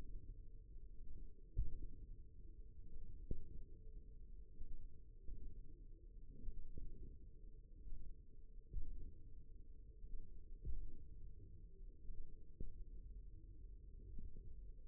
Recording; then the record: forearm muscle sounds (acoustic myography)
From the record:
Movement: wrist extension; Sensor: system 1, eight BSWA MPA416 microphones around the upper forearm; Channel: 2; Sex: male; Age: 54 years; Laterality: right